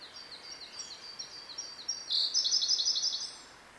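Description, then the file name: Blue-and-white flycatcher song, a run of soft high repeated notes that ends in a louder, rapid buzzy trill lasting about a second. "oruri"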